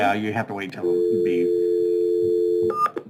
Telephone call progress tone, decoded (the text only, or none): dial tone